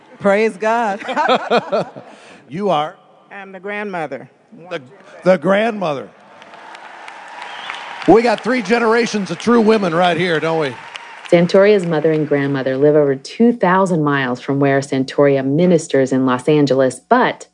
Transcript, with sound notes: Praise God!
You are?
I’m the grandmother. (applause and cheering)
We’ve got three generations of true women right here, don’t we?!
Santoria’s mother and grandmother live over 2,000 miles from where Santoria ministers in Los Angeles, but